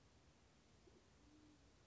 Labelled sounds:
Band-tailed Pigeon
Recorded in Sonoma County, California

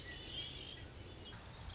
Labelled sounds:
Red-winged Blackbird
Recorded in Sonoma County, California

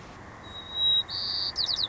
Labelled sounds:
White-crowned Sparrow
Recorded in Sonoma County, California

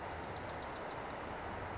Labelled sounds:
Bewick's Wren
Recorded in Sonoma County, California

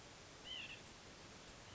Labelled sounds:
White-breasted Nuthatch
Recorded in Sonoma County, California

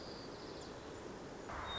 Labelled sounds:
White-crowned Sparrow
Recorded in Sonoma County, California

